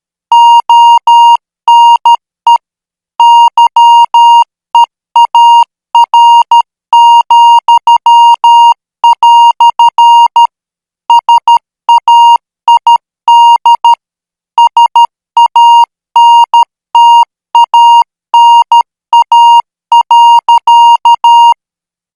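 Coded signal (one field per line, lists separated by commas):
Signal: Morse code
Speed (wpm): 13 wpm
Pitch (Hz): 940 Hz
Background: none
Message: ONE YEAR," SAID SANTANA.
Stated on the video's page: Morse code practice signal at 12 words per minute.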